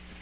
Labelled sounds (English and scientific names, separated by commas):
Magnolia Warbler (Setophaga magnolia) flight call